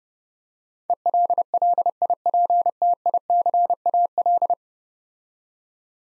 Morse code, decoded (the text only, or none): ELLIPTICAL